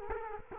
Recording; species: mosquito wingbeat signal from an infrared sensor; Culex quinquefasciatus